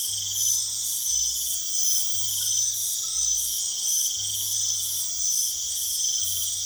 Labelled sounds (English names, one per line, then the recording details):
none
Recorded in secondary vegetation near Puerto Asís, Putumayo, Colombia, on 29 June 2025
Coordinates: 0.488, -76.319
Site G094